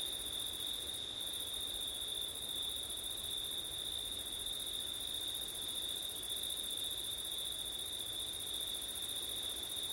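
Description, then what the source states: Cricket chorus, even and high-pitched, trilling without a break, with quiet wind noise in the background. Crickets at night in September, with wind; recorded with an ORTF stereo setup (given as 'ortif').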